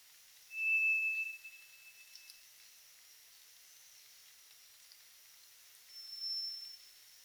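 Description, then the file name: White's thrush song: a long, level whistle, then after a pause of a few seconds a second, higher and fainter drawn-out whistle. Recorded at night on 2 July 2007 at 23:34. "toratugumi-20070702-2334"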